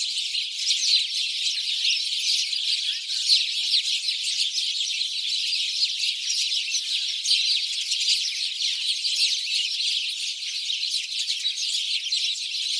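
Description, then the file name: House sparrow flock calling nonstop, dense overlapping chirps forming a lively, uniform chatter throughout. "Passer domesticus"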